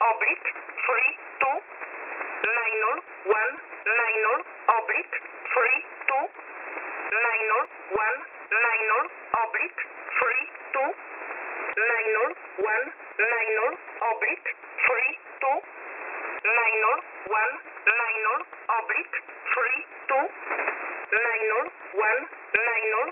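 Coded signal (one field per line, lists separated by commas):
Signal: numbers station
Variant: E11a, English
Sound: male voice repeating 'oblique 3 2 minor 1 minor' in an even cadence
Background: radio static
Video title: E11a Message 12/11/2022 1430 UTC 13363kHz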